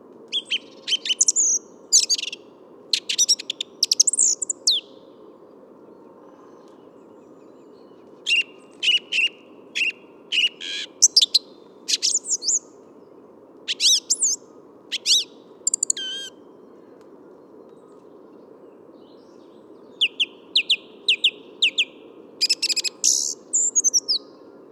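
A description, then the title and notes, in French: Birdsong in a springtime wood, with one bird singing bright, rapid, chattering phrases in bursts of a few seconds, separated by short pauses. Underneath runs a steady low rumble, like traffic, that never lets up. Entre 8h et 10h30 du matin - Bois de Vincennes - Nagra Seven - Telinga pro7. Météo radieuse et étonnante pour cette saison,qui résume un superbe safari sonore presque printanier dans le bois de Vincennes durant deux heures et demi. Le fond sonore est composé du sonouillard le brouillard sonore mais les chants d'oiseaux ressortent bien de cette rumeur de la ville.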